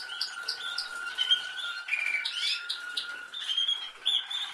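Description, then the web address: Canary song with quick chirps and short trills over a steady high whistled tone, several phrases changing in pitch. "Canari Seda Canari"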